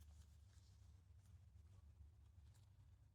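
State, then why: Not seated. A foam air filter for a motorcycle airbox is slowly eased onto its plastic frame toward the opposite end with the plastic post. Only a low steady hum with faint soft rustling is heard. Nothing has clicked yet, and the post is not yet seated in the grommet.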